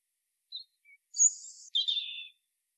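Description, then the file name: European robin: a small high chip and a faint low note, then a bright, hissing high phrase followed by a softer, lower warbled flourish. "Erithacus rubecula"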